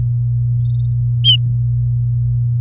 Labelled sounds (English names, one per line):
Domestic Canary song